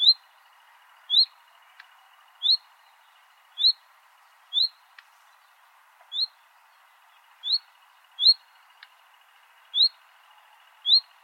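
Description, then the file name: Common nightingale repeating a thin rising whistle about once a second, ten notes in a row, with faint clicks and an even hiss underneath. "Luscinia megarhynchos"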